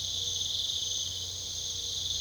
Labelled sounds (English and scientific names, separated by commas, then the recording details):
none
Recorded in pastures near Puerto Asís, Putumayo, Colombia, on 22 December 2024 at 22:30
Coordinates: 0.486, -76.323
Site GP01